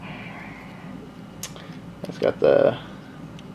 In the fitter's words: lock the S foils into attack position like that